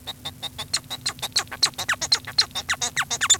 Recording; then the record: song of a male Bengalese finch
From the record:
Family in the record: son of father 1